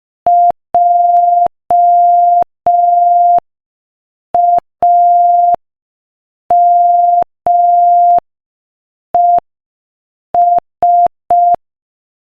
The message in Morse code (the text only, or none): JAMES